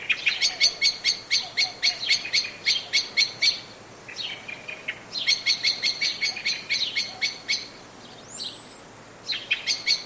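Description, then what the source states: Blackbird alarm chatter: fast runs of sharp, clicking notes in bursts of a few seconds with short gaps, plus a thin, high whistled note near the end. Anxious calling.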